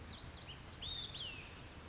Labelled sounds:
Olive-sided Flycatcher
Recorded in Sonoma County, California

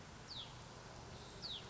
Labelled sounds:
Hutton's Vireo
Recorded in Sonoma County, California

